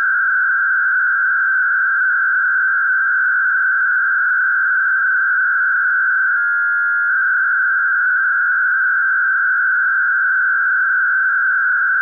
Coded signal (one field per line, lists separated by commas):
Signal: MT63